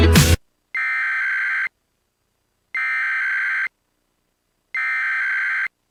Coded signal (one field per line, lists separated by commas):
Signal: Emergency Alert System (SAME) tones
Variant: header bursts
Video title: EAS Scenario: Mobius City Airport Hostage